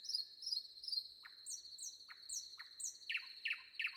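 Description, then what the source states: Common nightingale song of rapid high chirps and slurred notes, then three loud descending buzzy phrases, with a continuous high cricket trill underneath. Recorded with wind and crickets.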